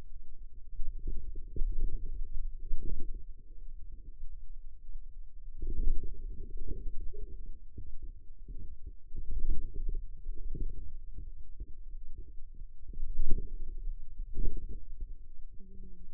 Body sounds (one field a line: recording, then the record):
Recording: forearm muscle sounds (acoustic myography)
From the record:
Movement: radial deviation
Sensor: system 2, bracelet of six BSWA MPA416 microphones around the upper forearm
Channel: 5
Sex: female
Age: 21 years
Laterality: right